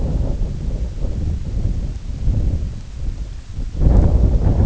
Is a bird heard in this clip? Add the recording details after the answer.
no. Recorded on Arctic tundra, site IGLO-D, on 19 June 2018. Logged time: 14:00